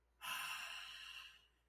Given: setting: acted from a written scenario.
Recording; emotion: vocal sound without words; contentment